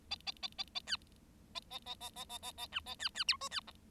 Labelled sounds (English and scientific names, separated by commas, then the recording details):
Bengalese Finch (Lonchura striata domestica) song
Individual Bird7